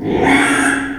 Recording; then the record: squeal of a Yucatan mini pig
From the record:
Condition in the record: after surgery on the right vocal fold (resection and tissue-engineered implant); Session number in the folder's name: 3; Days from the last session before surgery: 33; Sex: male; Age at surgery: 12 weeks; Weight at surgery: 13 kg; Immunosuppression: cyclosporine, prednisolone